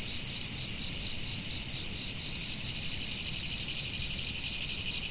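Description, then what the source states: Insects give high, unbroken trilling, with a run of louder pulsed chirps in the middle. Autumn.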